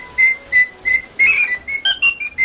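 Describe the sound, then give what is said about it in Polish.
A rose-ringed parakeet gives a quick run of about ten shrill, high whistled notes, short and fairly evenly spaced, a few sliding upward toward the end, with no talking. “Aleksandretty obrożne były bardzo chętnie sprowadzane do Europy właśnie ze względu na to, że potrafią naśladować dźwięki.”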